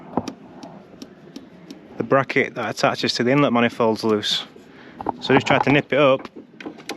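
A loose bracket bolt in the alloy inlet manifold is turned with a tool, giving sharp ticks at 0.2, 0.3, 1.0, 1.4 and 1.7 seconds while it spins without tightening. Someone then talks. The bolt has stripped its threads in the alloy.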